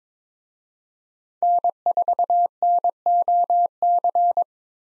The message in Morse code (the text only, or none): N4NOC